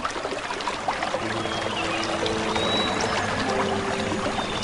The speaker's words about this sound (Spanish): Llegamos hasta un suave arroyo.